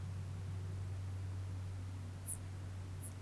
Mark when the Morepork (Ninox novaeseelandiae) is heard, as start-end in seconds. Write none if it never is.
none